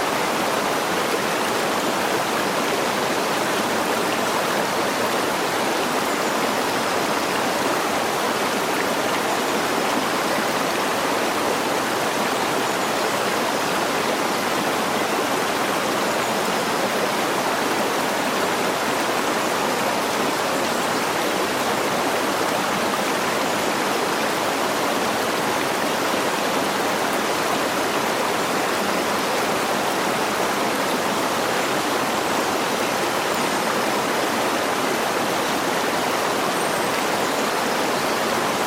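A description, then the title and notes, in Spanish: Water murmurs steadily from a distant waterfall, a dense, even rush that holds unchanged for the whole stretch. The sound sits mostly in the middle and upper range with little low rumble, and a faint hiss of woodland air blends into it. Grabado justo después del amanecer.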